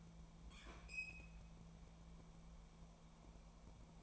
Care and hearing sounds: daily activity, microphone in the room; open fridge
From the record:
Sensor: 1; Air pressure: 1000.2 hPa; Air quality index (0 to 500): 133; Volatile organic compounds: 2 ppm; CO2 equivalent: 1258 ppm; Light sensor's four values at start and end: 37/93/39/48 and 36/92/39/47

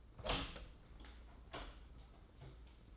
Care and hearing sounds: daily activity, microphone in the room; open door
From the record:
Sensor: 3

